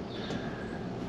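A sun shade retaining clip is handled and pushed up toward the glass-roof trim of a Tesla Model Y, where it is meant to lock into place. A steady, broadband rustle and hum fills the clip with no sharp transients. Nothing has seated or clicked yet.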